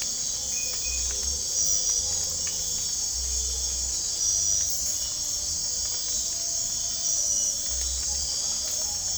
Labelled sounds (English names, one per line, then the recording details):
none
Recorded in dense forest near Puerto Asís, Putumayo, Colombia, on 15 December 2024 at 05:00
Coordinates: 0.499, -76.324
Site G045